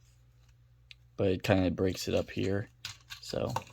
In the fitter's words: you have it locked in if yours locks in I know Bobby skull face said that his doesn't lock in properly but